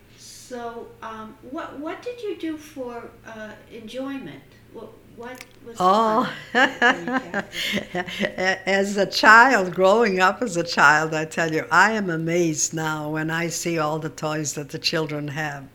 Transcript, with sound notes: So what, what did you do for enjoyment? What, what was..?
Oh. (she laughs) As a child, growing up as a child, I tell you, I am amazed now when I see all the toys that the children have.